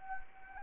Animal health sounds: mosquito wingbeat signal from an infrared sensor; Anopheles arabiensis

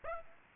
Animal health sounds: mosquito wingbeat signal from an infrared sensor; Aedes aegypti

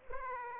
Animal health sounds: mosquito wingbeat signal from an infrared sensor; Aedes aegypti

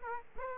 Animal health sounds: mosquito wingbeat signal from an infrared sensor; Aedes aegypti

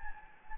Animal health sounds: mosquito wingbeat signal from an infrared sensor; Anopheles gambiae

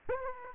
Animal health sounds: mosquito wingbeat signal from an infrared sensor; Aedes aegypti

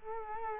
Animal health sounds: mosquito wingbeat signal from an infrared sensor; Culex quinquefasciatus

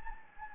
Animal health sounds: mosquito wingbeat signal from an infrared sensor; Anopheles gambiae

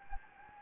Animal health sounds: mosquito wingbeat signal from an infrared sensor; Anopheles gambiae

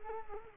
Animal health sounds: mosquito wingbeat signal from an infrared sensor; Culex quinquefasciatus

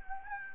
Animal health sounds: mosquito wingbeat signal from an infrared sensor; Anopheles gambiae

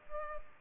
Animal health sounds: mosquito wingbeat signal from an infrared sensor; Culex pipiens

